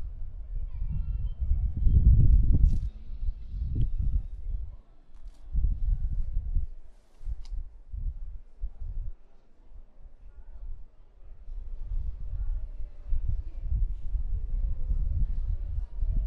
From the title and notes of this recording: Prague walk from Castle to Charles bridge & both towers. This walk starts at Prague Castle ending at Charles bridge by visiting both towers found at each side of Charles bridge.